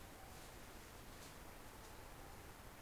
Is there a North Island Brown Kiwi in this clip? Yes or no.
no